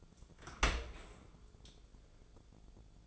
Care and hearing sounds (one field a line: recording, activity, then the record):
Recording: daily activity, microphone in the room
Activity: open dishwasher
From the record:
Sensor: 5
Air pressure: 1000.6 hPa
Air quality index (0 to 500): 154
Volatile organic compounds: 2 ppm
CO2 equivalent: 1179 ppm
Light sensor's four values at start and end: 45/102/44/47 and 45/102/44/47